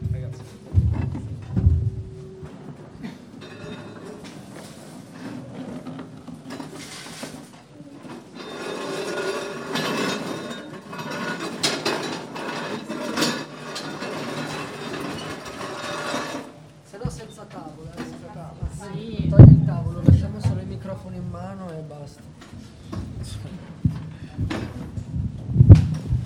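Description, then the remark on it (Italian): Scraping, clattering and knocking as chairs and equipment are dragged and shifted under a large umbrella because it has started to rain, to protect the microphones, with rattling mechanical noise and bursts of people talking over the commotion. “Scusate, ci dobbiamo rinterrompere un attimo perché ha iniziato a piovere, quindi per salvare i microfoni dobbiamo un attimo spostarci sotto l'ombrellone, vediamo se riusciamo a fare sta mano.”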